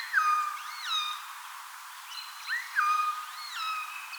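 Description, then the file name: Eurasian jay giving clear mewing calls, each note sliding down onto a steady tone with bright overtones, in two pairs about two and a half seconds apart. "Garrulus glandarius"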